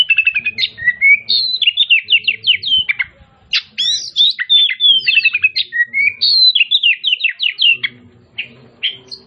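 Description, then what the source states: Oriental magpie-robin pouring out a lively song of sliding whistles and buzzy trills, delivered in long connected phrases, with soft low background rumbles. Kacer Tretes, described as gacor (singing vigorously).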